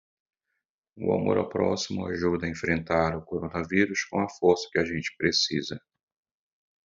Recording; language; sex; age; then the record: spoken sentence; Brazilian Portuguese; male; 40 to 49 years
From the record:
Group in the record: control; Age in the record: 42 years